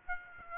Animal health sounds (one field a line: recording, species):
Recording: mosquito wingbeat signal from an infrared sensor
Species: Aedes aegypti